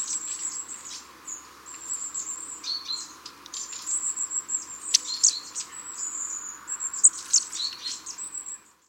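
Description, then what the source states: Long-tailed tit (white-headed): long-tailed tit calls: very high thin drawn-out see notes mixed with short sharp ticks and some lower buzzy trills, calling continuously. White-headed form of the long-tailed tit.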